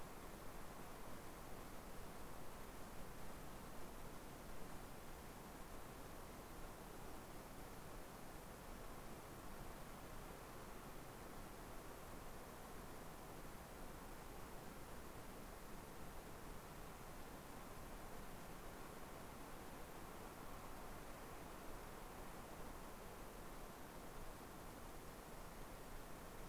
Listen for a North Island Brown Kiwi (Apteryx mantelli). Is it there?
no